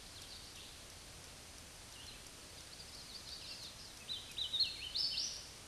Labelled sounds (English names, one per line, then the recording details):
Hooded Warbler song
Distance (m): 50 m
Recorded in a Pennsylvania forest on 18 May 2023 at 10:59
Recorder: AudioMoth, point grid1_11_low
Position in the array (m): 231 m, 142 m